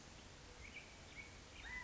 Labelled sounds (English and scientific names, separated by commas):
California Quail (Callipepla californica)